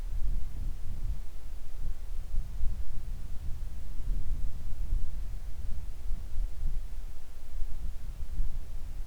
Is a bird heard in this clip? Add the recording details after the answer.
no. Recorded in the Arctic National Wildlife Refuge, Alaska, on 3 August 2019 at 10:40. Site 41